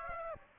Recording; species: mosquito wingbeat signal from an infrared sensor; Aedes aegypti